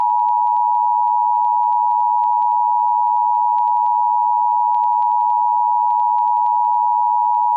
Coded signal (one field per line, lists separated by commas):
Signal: Emergency Alert System (SAME) tones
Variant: 853 and 960 Hz attention tone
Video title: Gone Wild (EAS SHORT)